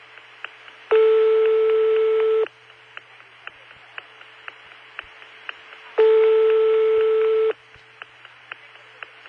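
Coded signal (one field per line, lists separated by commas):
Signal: telephone call progress tone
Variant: France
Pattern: ringback tone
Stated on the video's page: Vintage 1960s–1980s Bell System and GTE telephone network sounds, including 2600 Hz trunk tones, dial tones and busy signals.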